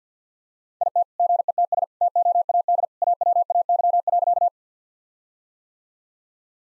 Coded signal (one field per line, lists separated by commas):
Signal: Morse code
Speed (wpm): 50 wpm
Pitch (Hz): 700 Hz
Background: none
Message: IT GETS TOAD AWAY.